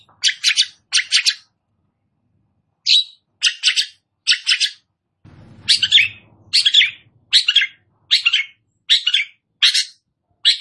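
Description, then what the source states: Long-tailed shrike song: scratchy, harsh note clusters repeated about once a second, with a brief low rumbling noise underneath midway. Indonesian name Cendet; described as gacor, a vigorous, persistent singing style.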